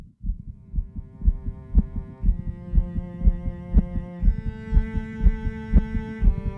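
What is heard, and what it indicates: Regular low thumping heartbeats at about 120 a minute from an adult patient near the end of life, taken with an electronic stethoscope during music therapy. The heartbeat is cleaned of extra noise, looped, and set prominently over sustained instrumental chords from a song the patient wrote, with no singing. It is a keepsake piece for the family.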